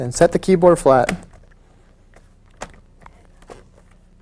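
Someone talks briefly as an IBM ThinkPad 600 keyboard is laid flat over its seat in the plastic laptop chassis. A few faint, short ticks and taps follow from about 2.2 to 3.4 s. The keyboard is handled but has not popped into place yet, so nothing has seated or clicked.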